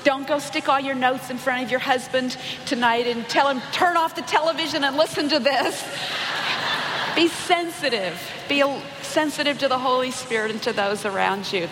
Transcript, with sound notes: Don’t go stick all your notes in front of your husband tonight and tell him, “Turn off the television and listen to this.” (laughter) Be sensitive. Be sensitive to the Holy Spirit and to those around you.